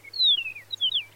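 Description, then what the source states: Chihuahuan Meadowlark song: clear whistled notes slurring downward in a quick cascade, ending with a short higher phrase that drops away. Song differs from other North American meadowlarks; bird of dry desert grasslands in northern Mexico and the southwestern U.S.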